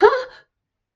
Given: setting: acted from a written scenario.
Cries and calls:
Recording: vocal sound without words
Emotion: fear

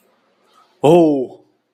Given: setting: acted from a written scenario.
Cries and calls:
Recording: vocal sound without words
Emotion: fear

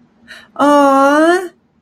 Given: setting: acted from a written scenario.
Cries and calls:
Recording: vocal sound without words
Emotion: adoration

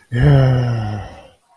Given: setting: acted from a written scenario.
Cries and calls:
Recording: vocal sound without words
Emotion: relief

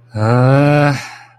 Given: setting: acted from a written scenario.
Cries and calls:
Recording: vocal sound without words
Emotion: contempt

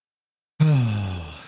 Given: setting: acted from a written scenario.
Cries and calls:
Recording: vocal sound without words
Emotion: relief

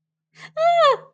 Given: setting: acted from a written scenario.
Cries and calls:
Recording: vocal sound without words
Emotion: fear

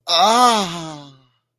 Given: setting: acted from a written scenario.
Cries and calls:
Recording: vocal sound without words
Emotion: ecstasy

